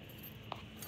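After unlocking a ToyLock kayak anti-theft lock, the housing is held while a piece slides out and the cable end pops out of the lock. A sharp, very short click at 0.5 s marks the cable end releasing, followed by a softer, longer sound near 0.8 s over steady low background noise.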